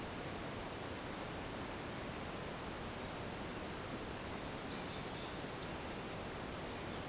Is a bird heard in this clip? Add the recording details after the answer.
yes. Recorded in dense forest near Puerto Asís, Putumayo, Colombia, on 23 June 2025 at 09:00. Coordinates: 0.484, -76.317. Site G045